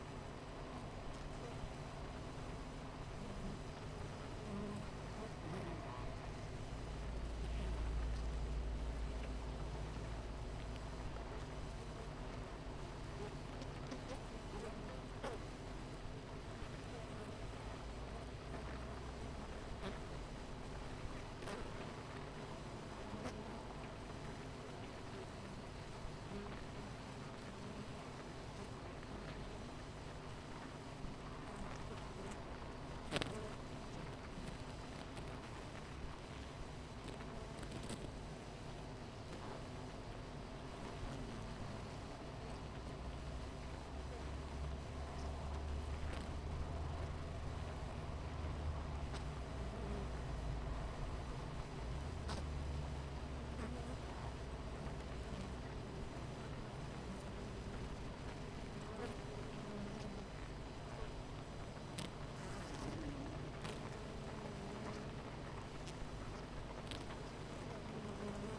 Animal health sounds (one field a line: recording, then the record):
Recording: honeybee colony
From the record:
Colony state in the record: missing queen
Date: 14 July 2017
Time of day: 9:11